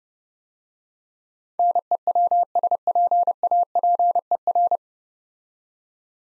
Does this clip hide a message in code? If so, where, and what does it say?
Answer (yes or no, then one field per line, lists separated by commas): yes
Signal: Morse code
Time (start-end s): 1.6-4.8 s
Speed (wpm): 32 wpm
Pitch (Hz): 700 Hz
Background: none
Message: NEWSPAPER